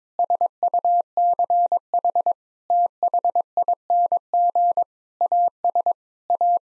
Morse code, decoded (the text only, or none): SUCH THING AS A